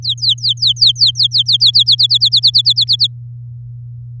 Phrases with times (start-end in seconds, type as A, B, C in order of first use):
0.02-1.83 A, 1.86-3.07 B